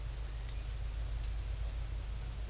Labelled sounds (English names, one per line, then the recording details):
none
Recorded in secondary vegetation near Puerto Asís, Putumayo, Colombia, on 18 December 2024 at 15:30
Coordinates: 0.499, -76.323
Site G010